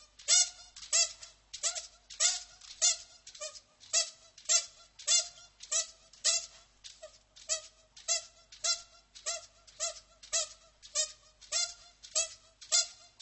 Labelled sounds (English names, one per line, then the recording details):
Spectacled Bear call
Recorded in captivity
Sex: female
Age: adult
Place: Tiergarten Nürnberg, Bayern, DE
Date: 1998-11-13 15:50
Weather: overcast, ca. 2-3°C
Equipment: Sony MD-WM MZ-R3, Sennheiser MKH 416 T, Kopie Uher 4000 Report Monitor
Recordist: Tembrock, Günter